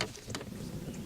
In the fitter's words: last thing our headlight knob you just push that in until it clicks just like that